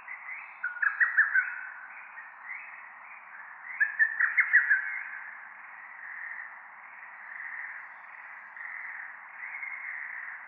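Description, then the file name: Lesser cuckoo giving staccato whistled phrases of five or six quick notes, one loud phrase near the start and another about three seconds later, with fainter phrases afterwards. Ueta, Tokyo, 10 June 2006. "hototogisu ueta tokyo"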